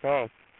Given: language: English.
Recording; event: throat vibration sensor signal played as sound; speech